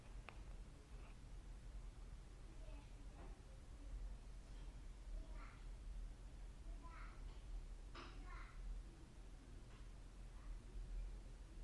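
A child's voice chatters faintly in the background in short, scattered bursts over a steady low hum and hiss, with no other speech in the foreground.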